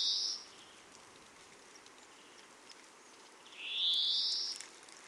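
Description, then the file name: European greenfinch giving drawn-out buzzy wheezes, one cut off at the start and a second rising nasal wheeze about three and a half seconds later, over a steady faint hiss. "Chloris chloris"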